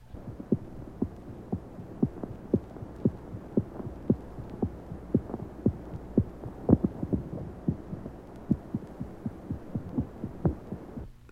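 Rapid, sharp paired heart sounds near 115 a minute, picked up inside the right ventricle by a microphone on a cardiac catheter tip, in a 2-year-old child with patent ductus arteriosus.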